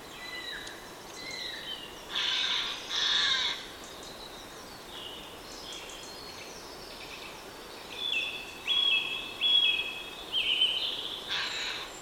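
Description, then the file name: Eurasian jay giving harsh rasping screeches, a pair early and a cluster later, mixed with thin high whistles over steady background hiss. "Garrulus glandarius"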